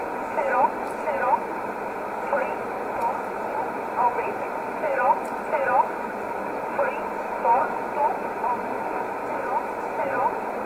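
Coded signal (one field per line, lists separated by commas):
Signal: numbers station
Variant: E11 Oblique, English voice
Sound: a voice reading short, evenly spaced words through hissy shortwave static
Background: radio static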